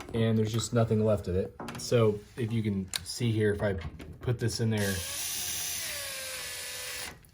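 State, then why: Stripped. Someone talks while a driver bit is put into a badly stripped screw head in a wooden bed frame, then a drill whines steadily from about 5 s to 7 s. The bit just spins without gripping, with a brief click at 7.3 s, and the screw stays stripped.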